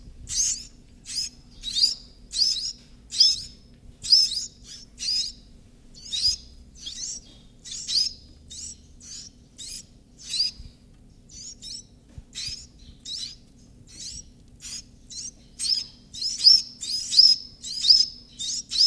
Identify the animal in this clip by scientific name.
Phylloscopus ibericus